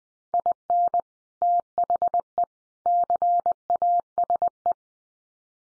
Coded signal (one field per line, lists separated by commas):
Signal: Morse code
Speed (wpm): 20 wpm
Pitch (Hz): 700 Hz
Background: none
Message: IN THE CASE